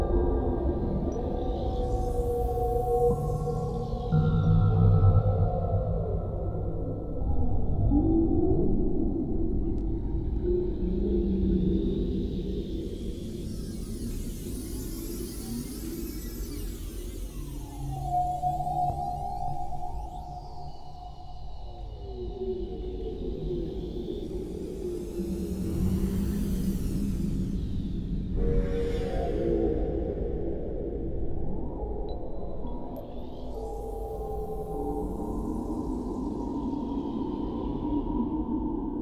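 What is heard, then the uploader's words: A dark horror ambience of low drones and groaning tones, with whooshing sweeps rising and falling around 3, 15, 26 and 36 seconds. Alone on a space station, you begin to hear things...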